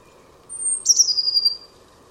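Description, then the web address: Bird gives one high thin whistled note followed by a rapid trill sliding downward in pitch, over a low constant hum. "cianscape birddata Deverinetal 2025 Bird Only Cy Ca"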